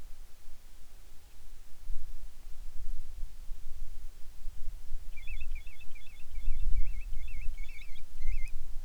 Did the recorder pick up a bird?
yes